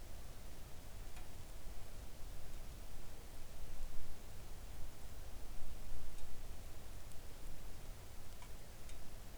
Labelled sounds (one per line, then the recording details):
rain
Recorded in the Arctic National Wildlife Refuge, Alaska, on 3 August 2019 at 05:56
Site 41